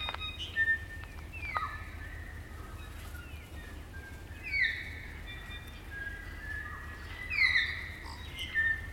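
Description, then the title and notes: Kaka chorus: drawn-out level whistles and descending slurred notes recurring every few seconds, over low background hum. Kakas, a large parrot, singing an eerie dusk chorus in late spring at Karori Sanctuary near Wellington, New Zealand. "It's late spring at the Karori Sanctuary near Wellington, New Zealand and the kakas – a large species of parrot – are singing their eerie dusk chorus. BBC Countryfile Magazine's Sound Escapes. Recorded by Margaret Bartlett"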